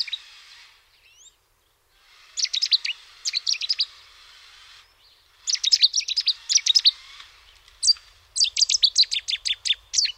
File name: cettiswarbler